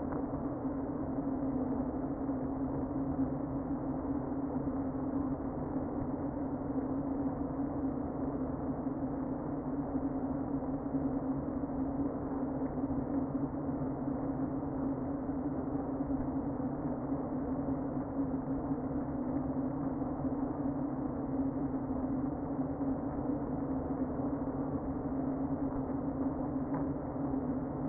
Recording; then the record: honeybee colony, microphone inside the hive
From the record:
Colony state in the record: queen present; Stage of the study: before two queens were removed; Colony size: about 60,000 bees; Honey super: yes